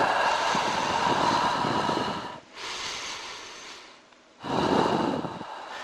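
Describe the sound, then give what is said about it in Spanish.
Three long, loud, airy breaths follow one another, each a broad rush of air lasting one to two seconds with a brief pause between them, and no talking. “Escucho mi respiración.”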